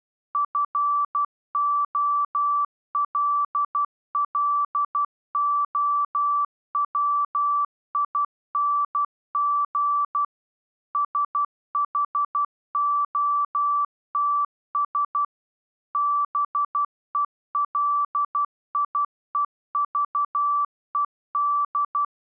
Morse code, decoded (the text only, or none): FOLLOWING SHOTS BELIEVED